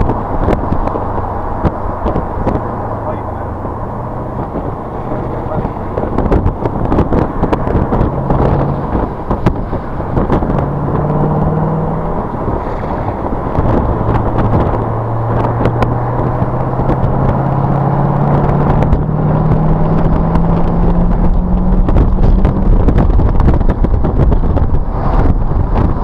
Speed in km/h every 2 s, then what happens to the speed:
61, 48, 40, 40, 45, 47, 50, 55, 60, 63, 72, 87, 84.
0-3 brakes to 40. 6-22 speeds up to 87.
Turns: 4-7, 11-18.